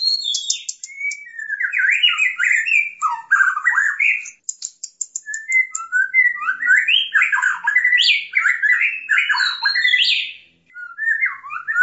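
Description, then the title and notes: White-rumped shama song: a continuous stream of varied, rapidly modulated phrases with scratchy high notes, changing phrase every second or so. Champion songbird; its song described as melodious. "Murai Juara. Suara burung murai merdu"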